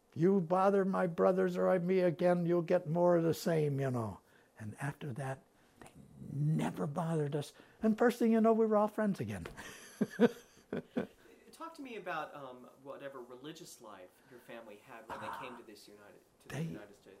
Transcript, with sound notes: "If you bother my brothers or me again, you'll get more of the same," you know, and after that they never bothered us and first thing you know, we were all friends again. [Laughs]
Talk to me about whatever religious life your family had when to this United — to the United States.